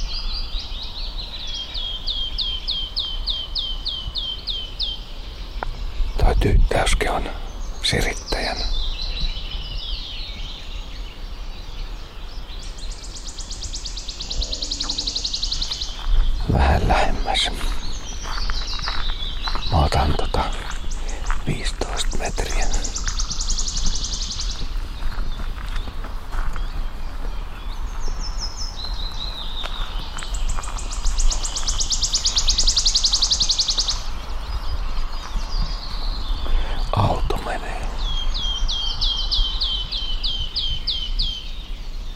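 Birds sing at sunrise by a lake, with rapid, evenly spaced high trills near the start and again at the end, plus bright bursts of chirping around the middle. Sharp knocks and thumps strike at about 6, 17, 20 and 37 seconds over a steady low rumble.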